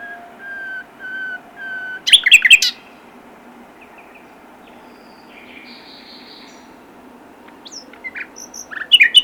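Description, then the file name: Common nightingale singing: soft separated whistled notes, a burst of loud sharp chips, a quiet spell, then rich varied phrases starting again at the end. "Luscinia megarhynchos"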